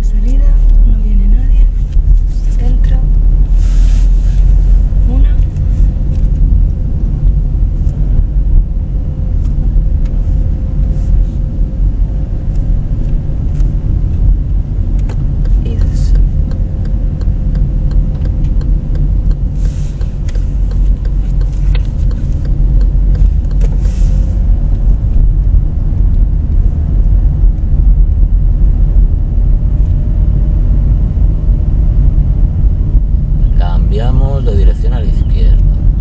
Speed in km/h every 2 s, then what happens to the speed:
20, 22, 23, 20, 23, 25, 26, 26, 25, 22, 25, 23, 26, 27, 28, 28, 28, 27.
0-36 steady at about 25.